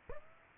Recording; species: mosquito wingbeat signal from an infrared sensor; Aedes aegypti